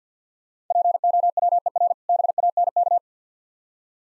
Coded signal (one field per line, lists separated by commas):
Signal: Morse code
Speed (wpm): 52 wpm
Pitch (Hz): 700 Hz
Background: none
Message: POWER BANK